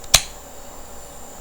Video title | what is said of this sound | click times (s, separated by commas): Midland XTC 280 HD action camera review | Just slide it in, and you'll hear it click. | 0.1 s